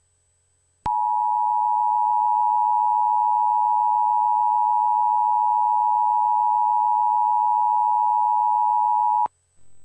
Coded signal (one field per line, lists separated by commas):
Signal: Emergency Alert System (SAME) tones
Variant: 853 and 960 Hz attention tone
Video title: EAS Scenario: Angels [Part 1]